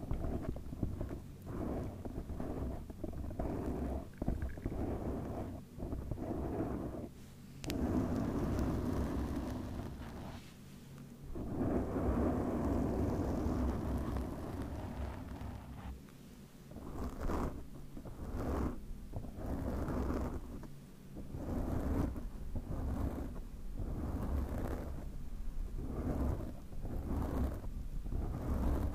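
Microphone scratching and rubbing: dense, low rumbling scrapes in irregular bursts, with brief quiet gaps around ten and sixteen seconds and no voices.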